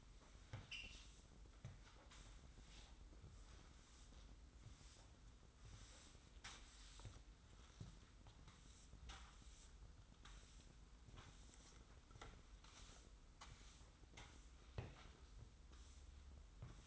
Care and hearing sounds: daily activity, microphone in the room; sweep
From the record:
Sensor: 3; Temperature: 25.5 degrees Celsius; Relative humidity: 43.4%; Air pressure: 990.4 hPa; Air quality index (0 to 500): 196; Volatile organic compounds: 1000 ppm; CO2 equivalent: 6413 ppm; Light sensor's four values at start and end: 42/100/41/38 and 45/105/43/41

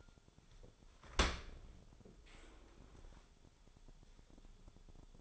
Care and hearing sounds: daily activity, microphone in the room; open dishwasher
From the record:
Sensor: 5

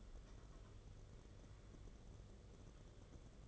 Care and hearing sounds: daily activity, microphone in the room; take from stove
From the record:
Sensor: 4

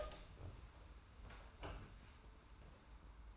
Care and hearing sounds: daily activity, microphone in the room; open door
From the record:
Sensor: 2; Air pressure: 991.4 hPa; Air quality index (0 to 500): 150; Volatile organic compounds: 442 ppm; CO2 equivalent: 4738 ppm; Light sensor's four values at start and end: 31/93/36/34 and 31/93/36/34

